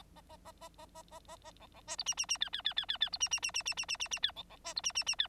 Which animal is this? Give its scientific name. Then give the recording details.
Lonchura striata domestica. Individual Bird9